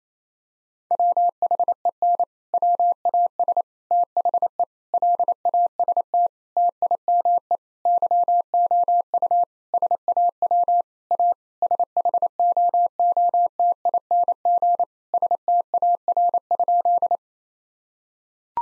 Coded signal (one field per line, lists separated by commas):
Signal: Morse code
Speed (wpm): 28 wpm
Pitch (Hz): 700 Hz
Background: none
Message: WHEN WAS THE LAST TIME YOU SAW A SHOOTING STAR?